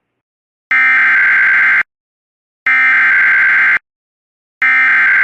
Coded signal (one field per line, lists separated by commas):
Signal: Emergency Alert System (SAME) tones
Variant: header bursts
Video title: [MILESTONE REACHED] EAS Alerts From 6/14/23 (EAS #1687-1718)